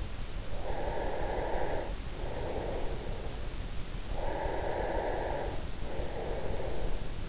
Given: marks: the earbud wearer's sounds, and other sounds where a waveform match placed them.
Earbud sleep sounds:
sounds in sleep by an in-ear microphone; breath
0.58-3.35 s: breath
4.18-7.29 s: breath

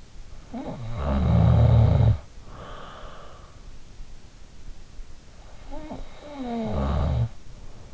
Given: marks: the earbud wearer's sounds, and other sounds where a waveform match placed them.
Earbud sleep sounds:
sounds in sleep by an in-ear microphone; snoring breath
0.23-2.74 s: snoring breath
5.37-7.94 s: snoring breath

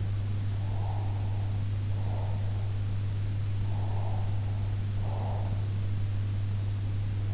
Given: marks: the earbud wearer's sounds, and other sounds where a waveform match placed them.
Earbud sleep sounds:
sounds in sleep by an in-ear microphone; breath
0.53-2.69 s: breath
3.57-5.72 s: breath

